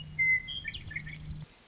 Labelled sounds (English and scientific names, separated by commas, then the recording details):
Western Meadowlark (Sturnella neglecta)
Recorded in Sonoma County, California